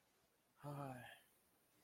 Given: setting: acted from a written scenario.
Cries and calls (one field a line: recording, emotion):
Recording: vocal sound without words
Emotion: disappointment